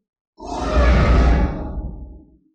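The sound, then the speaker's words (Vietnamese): A single deep, guttural roar like a wild beast's, swelling quickly, holding loud and rough for about a second, then trailing off into a low growl. No speech. “Cuối cùng Trương Lâm phát ra một tiếng gầm giống như dã thú, hai mắt đỏ lên, chạy đi giống như gió vậy.”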